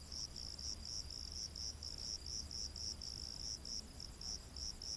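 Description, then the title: Cricket chirps coming quickly, around four pulses each second, high and steady over constant background hiss. Rainforest at night. "Crickets of the Rainforest"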